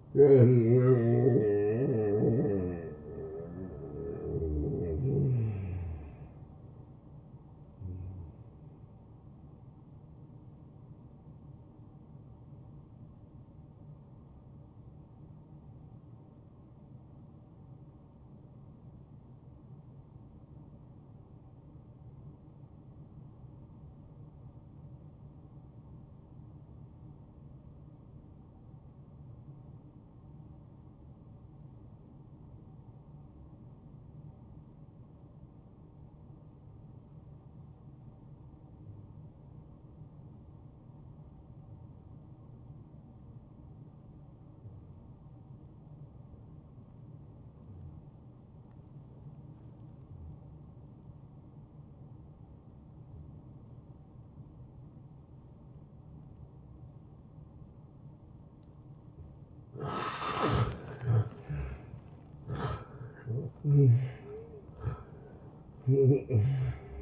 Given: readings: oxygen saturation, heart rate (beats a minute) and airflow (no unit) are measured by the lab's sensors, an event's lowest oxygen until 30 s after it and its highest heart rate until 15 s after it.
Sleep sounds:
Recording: breathing in sleep by a smartphone at the bedside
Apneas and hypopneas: 1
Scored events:
15.00-67.02 s: new sleep stage, N2 (light sleep)
16.00-61.90 s: obstructive apnea (N2, oxygen 97% highest, then 82% lowest)
From the record:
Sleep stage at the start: N1 (lightest sleep)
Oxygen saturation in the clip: 81 to 97%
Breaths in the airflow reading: 5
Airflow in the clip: -16.1 to 8.4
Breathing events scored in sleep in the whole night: 263 in 5.5 hours asleep

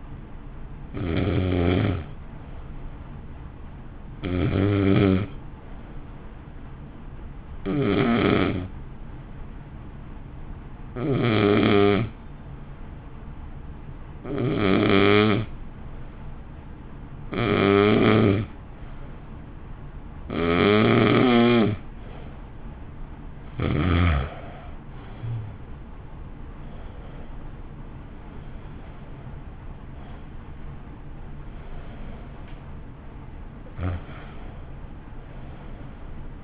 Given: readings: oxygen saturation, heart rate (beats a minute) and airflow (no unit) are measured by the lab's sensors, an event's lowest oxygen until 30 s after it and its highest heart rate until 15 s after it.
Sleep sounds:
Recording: breathing in sleep by a smartphone at the bedside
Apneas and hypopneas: 1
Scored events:
7.00-24.30 s: hypopnea (N2, oxygen 94% highest, then 87% lowest, heart rate 53 at the start, 61 highest)
16.00-36.43 s: new sleep stage, N1 (lightest sleep)
From the record:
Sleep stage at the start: N2 (light sleep)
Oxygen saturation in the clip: 87 to 94%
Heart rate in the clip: 53 to 61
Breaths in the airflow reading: 13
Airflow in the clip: -0.9 to 1.0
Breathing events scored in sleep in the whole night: 328 in 6.3 hours asleep

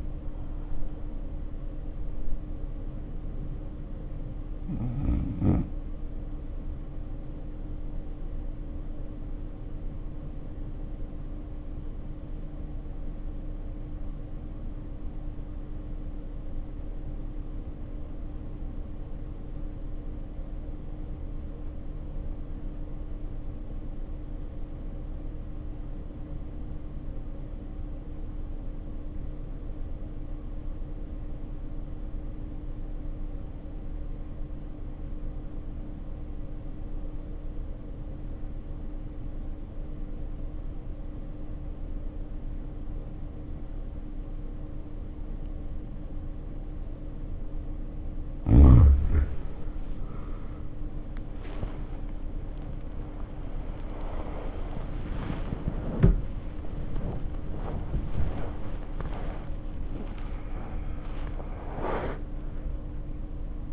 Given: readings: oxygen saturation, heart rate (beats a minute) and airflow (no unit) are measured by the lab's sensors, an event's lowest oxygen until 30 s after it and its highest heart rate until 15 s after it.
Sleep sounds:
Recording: breathing in sleep by a smartphone at the bedside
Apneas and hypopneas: 1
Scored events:
8.00-47.20 s: obstructive apnea (REM, oxygen 93% highest, then 64% lowest, heart rate 61 at the start, 88 highest)
52.00-63.73 s: new sleep stage, N1 (lightest sleep)
From the record:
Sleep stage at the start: REM sleep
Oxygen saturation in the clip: 70 to 93%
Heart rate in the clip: 56 to 88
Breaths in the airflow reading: 6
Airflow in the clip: -5.0 to 4.9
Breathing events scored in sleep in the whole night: 520 in 7.2 hours asleep

